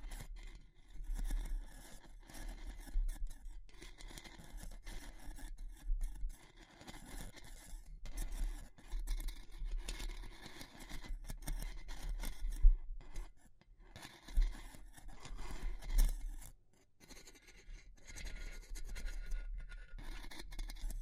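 Wood, bamboo and straw being handled, giving a steady run of dry scratching, scraping and rubbing sounds across the whole clip. A few sharper snips or taps stand out around 12 to 16 seconds, with a brief quieter gap near 17 seconds.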